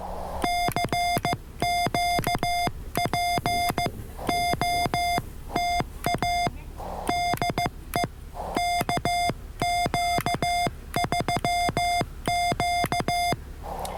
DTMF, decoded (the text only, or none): none